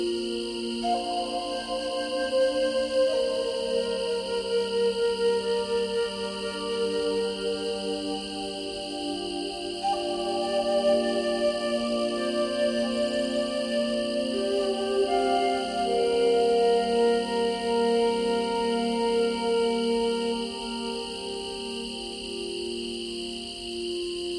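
A Native American flute plays slow, held notes in a low-middle range, shifting pitch every few seconds in a gentle, unhurried line. Steady high, thin tones run underneath throughout, like a constant insect-like drone. The loudness stays even from start to finish.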